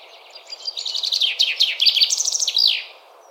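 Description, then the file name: Common Chaffinch song: one bright, rattling phrase of quick descending notes ending in a flourish, lasting about two seconds. "Fringilla coelebs"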